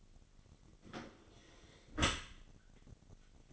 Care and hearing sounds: daily activity, microphone in the room; close dishwasher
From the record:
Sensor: 4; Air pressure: 1003.9 hPa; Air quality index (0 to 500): 151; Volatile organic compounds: 2 ppm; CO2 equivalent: 1075 ppm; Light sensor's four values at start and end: 20/47/20/20 and 20/49/20/21

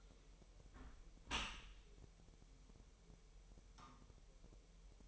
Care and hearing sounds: daily activity, microphone in the room; close dishwasher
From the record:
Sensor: 1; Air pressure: 1000.7 hPa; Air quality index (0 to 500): 248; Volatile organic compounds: 147 ppm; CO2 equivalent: 4008 ppm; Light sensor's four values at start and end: 11/28/11/12 and 11/28/11/12

